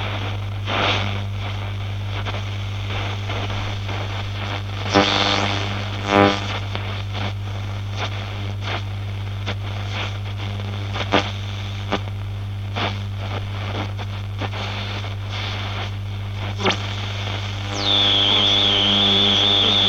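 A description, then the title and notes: An old radio hums with a strong, steady low drone, crackling and popping as it plays. Faint tone-like bands drift through the noise, with sharper clicks around five and six seconds. Near the end a thin, high whistle rises and holds. Radio Interference. I recorded this old radio at a friends place.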